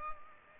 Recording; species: mosquito wingbeat signal from an infrared sensor; Culex pipiens